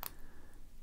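After the last pin stack of a Commando Lock IC3 Tactical padlock with a shackle guard is picked, the plug turns and the lock's metal shackle springs open with a single sharp click at 0.06 s. A faint low hum fills the rest of the clip, and the padlock is open.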